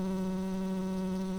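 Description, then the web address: Tree bumblebee buzzing, a steady low droning hum with a rich tone, unbroken and even in loudness throughout. Worker bees. "Hypnorum workers"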